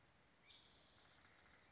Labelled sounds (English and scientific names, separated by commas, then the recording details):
Spotted Towhee (Pipilo maculatus)
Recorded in Sonoma County, California